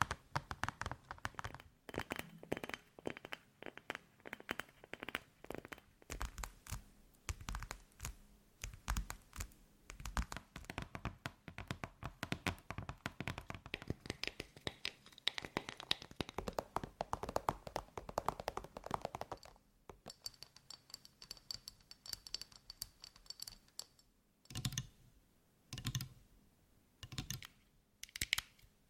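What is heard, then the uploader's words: Dry tapping, with quick bursts of fingertip taps on hard surfaces through the first twenty seconds. After that it thins into sparser, sharper knocks with short pauses, and a faint high ringing tone sits behind the middle stretch, alongside occasional crinkling. ASMR Tapping For Sleep and Endless Tingles (No Talking).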